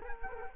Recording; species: mosquito wingbeat signal from an infrared sensor; Culex quinquefasciatus